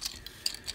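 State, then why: Seated. The plastic head hinge joint of a transforming robot toy (Transformers: Robots in Disguise Warrior Class Bisk) is flipped out and pushed until it clicks over to the other side so the head sits flat. Faint plastic ticks and rubbing lead up to one sharp, bright click at 0.5 s, followed by a couple of softer ticks. The joint seats in place.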